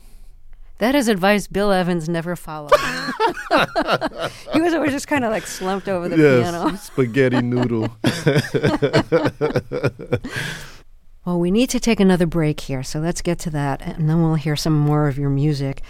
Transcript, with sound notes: That is advice Bill Evans never followed.
(LAUGHTER)
He was always just kind of, like, slumped over the piano.
Yes. Spaghetti noodle.
(LAUGHTER)
Well, we need to take another break here, so let's get to that, and then we'll hear some more of your music.